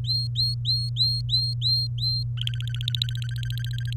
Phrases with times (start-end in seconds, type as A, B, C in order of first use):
0.04-2.23 A, 2.37-3.93 B